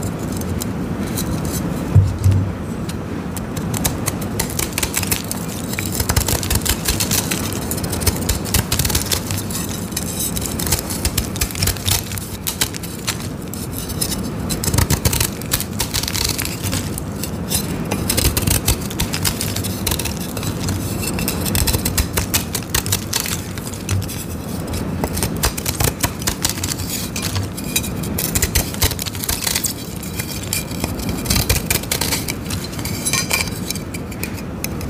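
Dyed gym chalk is shaved and crushed, a steady run of dry scraping and crunching that lasts the whole time. Dense, rapid crackles and small snaps pile up over a low rumbling bed, with a few sharper clicks standing out along the way.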